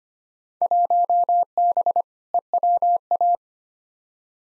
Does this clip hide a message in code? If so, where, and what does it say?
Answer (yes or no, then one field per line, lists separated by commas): yes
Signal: Morse code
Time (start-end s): 0.6-3.4 s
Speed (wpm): 25 wpm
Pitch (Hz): 700 Hz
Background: none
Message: 1B EWA